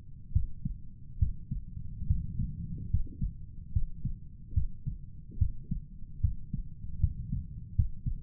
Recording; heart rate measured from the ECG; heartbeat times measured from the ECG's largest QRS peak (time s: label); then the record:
heart sounds by stethoscope; 73 bpm
0.32 s: heartbeat
1.18 s: heartbeat
2.07 s: heartbeat
2.90 s: heartbeat
3.72 s: heartbeat
4.53 s: heartbeat
5.38 s: heartbeat
6.20 s: heartbeat
7.00 s: heartbeat
7.75 s: heartbeat
From the record:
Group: healthy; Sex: male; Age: 35 years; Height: 178 cm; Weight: 64 kg